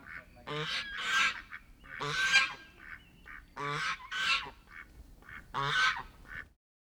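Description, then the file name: Goose: geese honking loudly in repeated nasal bursts, with softer honks between. Geese honking, with movement sounds. "Geese-Honks-With-Movement Quick Sounds"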